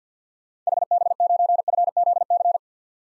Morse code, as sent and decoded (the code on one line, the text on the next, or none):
.... -... ----. ..-. --.. -.-.
HB9FZC